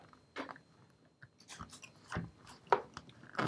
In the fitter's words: This comes up here, and there we go, snaps into place.